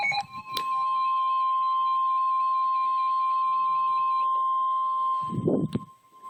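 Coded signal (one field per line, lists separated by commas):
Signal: Emergency Alert System (SAME) tones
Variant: 1050 Hz attention tone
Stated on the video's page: EAS tornado warning from NOAA weather radio for southern Stark County.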